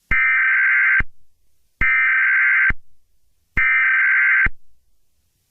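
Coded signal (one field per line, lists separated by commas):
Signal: Emergency Alert System (SAME) tones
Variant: header bursts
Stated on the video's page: Comedy EAS parody, not a real alert.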